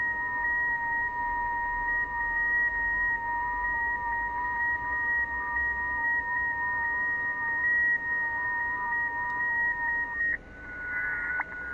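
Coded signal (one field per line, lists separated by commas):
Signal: FT8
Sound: two steady warbling tones, slightly shifting pitch every fraction of a second, stopping together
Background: radio static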